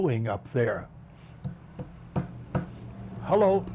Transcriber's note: knocks